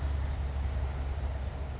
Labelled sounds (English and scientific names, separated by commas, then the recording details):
California Towhee (Melozone crissalis)
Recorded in Sonoma County, California